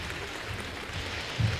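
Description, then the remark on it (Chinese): An audience at Peking University applauds steadily for a traditional crosstalk act, a dense wash of many hands clapping at an even, moderate level for the whole moment, with no voices over it. “感谢您的掌声。”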